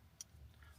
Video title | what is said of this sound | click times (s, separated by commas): Ozark Trail Knives. #2026 #budget #5dollars #benchmadeknives #2025 #ozarktrail #walmart #outdoors | locks in place, | 0.2 s